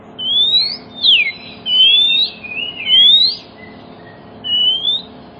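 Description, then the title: Oriental magpie-robin whistling long, pure rising notes and a sharp downward slur, slow deliberate phrases with gaps between them over a low hum. Song played as a lure to prompt other magpie-robins, including ones that have stopped singing, to answer and sing within about five minutes. "Cukup Hitungan Menit Kacer Lain Bisa Bunyi. CUKUP 5 Menit Kacer LAIN NYAUT JADI GACOR, PANCINGAN KACER MACET BUNYI"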